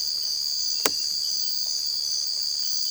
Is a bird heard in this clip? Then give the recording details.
no. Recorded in dense forest near Puerto Asís, Putumayo, Colombia, on 20 December 2024 at 04:00. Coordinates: 0.482, -76.320. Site G021